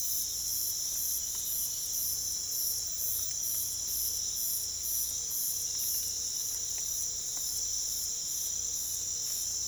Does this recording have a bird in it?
no